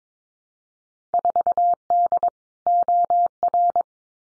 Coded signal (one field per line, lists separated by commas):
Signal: Morse code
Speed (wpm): 22 wpm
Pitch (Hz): 700 Hz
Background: none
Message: 4D OR